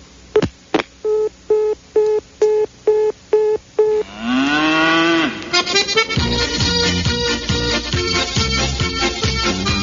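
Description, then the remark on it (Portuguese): A black cow moos once in a long, drawn-out low call, following a run of evenly spaced electronic beeps and leading into busy, rhythmic music. “Em casa, uma vaquinha preta, fora de série, tem 5 tetas.”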